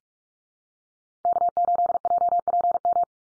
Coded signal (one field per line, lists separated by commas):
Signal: Morse code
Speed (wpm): 44 wpm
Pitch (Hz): 700 Hz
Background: none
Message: K8JPM